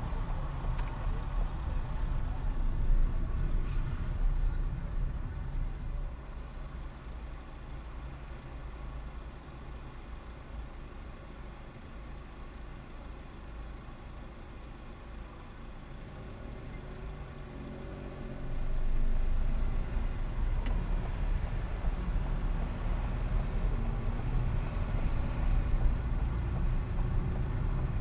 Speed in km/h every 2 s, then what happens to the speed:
8, 8, 11, 0, 0, 0, 0, 0, 0, 2, 7, 11, 13, 15.
0-5 slows to 0. 5-18 standing. 18-28 pulls away to 15.